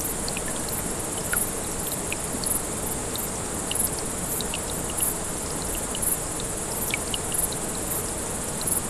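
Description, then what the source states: Grasshopper stridulation: repeated sizzling high-pitched bursts, layered over continuous babbling water with scattered bright drip sounds. Several grasshoppers beside a small brook, 6 August 2014, recorded on an MZ-N 710.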